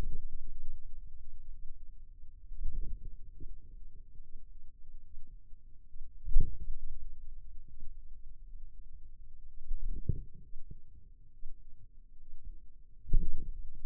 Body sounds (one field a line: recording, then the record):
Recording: forearm muscle sounds (acoustic myography)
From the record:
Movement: wrist extension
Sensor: system 2, bracelet of six BSWA MPA416 microphones around the upper forearm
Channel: 5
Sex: male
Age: 22 years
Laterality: right